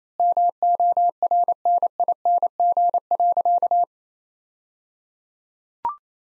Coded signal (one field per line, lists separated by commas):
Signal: Morse code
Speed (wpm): 27 wpm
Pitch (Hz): 700 Hz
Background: none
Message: MORNING.